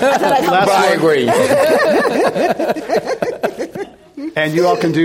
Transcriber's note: laughter